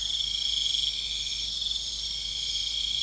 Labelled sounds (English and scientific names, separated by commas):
none